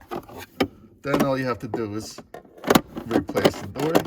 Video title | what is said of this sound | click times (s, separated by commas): Lexus LX570 Cabin Air Filter Replacement | on top of it it'll snap into place if you just press near where those two Tabs are | 0.6 s